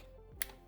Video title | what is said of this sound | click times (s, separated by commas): How to Build an $800 Gaming PC in 2023! ⚡ Step by Step Guide | there you go that is latched in | 0.4 s